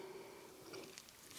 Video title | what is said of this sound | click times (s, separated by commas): Hazet 4-piece Adaptor Set: Turn wrenches into socket drivers. Plus spinners and a great bit holder! | and just pops right in and stays allows you to turn any wrench into a bit driver | 1.0 s